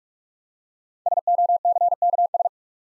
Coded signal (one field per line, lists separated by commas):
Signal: Morse code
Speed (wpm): 44 wpm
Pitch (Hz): 700 Hz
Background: none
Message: SOCKS